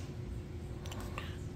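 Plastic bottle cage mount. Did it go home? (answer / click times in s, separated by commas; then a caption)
no / none. A Topeak Modula Cage II water bottle cage is handled by hand as it is brought back toward its Topeak QR Cage Mount quick-release mount. Over a steady low background rumble, a few faint, short handling ticks come through around 0.9, 1.2 and 1.6 seconds. Nothing has seated or clicked yet; the cage is not yet home on the mount.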